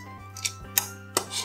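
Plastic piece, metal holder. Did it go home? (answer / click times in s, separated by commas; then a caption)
yes / 0.8 s, 1.2 s. Plastic half pans of watercolor paint are pressed into the holders of a metal palette box, each snapping in with a sharp little click. The clicks land at 0.8 s and 1.2 s over a steady background hum, with a softer tick just before at about 0.5 s, and the pans are seated.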